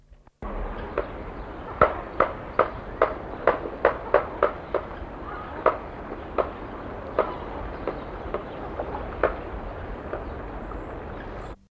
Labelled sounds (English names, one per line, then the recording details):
Black-necked Stork call
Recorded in captivity
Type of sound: call
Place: Zoo Wuppertal, Nordrhein-Westfalen, DE
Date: 1980-12-13
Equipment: Halbspur, 9,5 cm/s
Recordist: Lütgens, Hans
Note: Vor der Fütterung